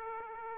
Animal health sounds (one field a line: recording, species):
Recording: mosquito wingbeat signal from an infrared sensor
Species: Aedes aegypti